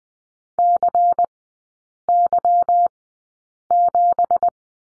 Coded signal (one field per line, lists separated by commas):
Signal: Morse code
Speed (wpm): 20 wpm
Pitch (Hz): 700 Hz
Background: none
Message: CY7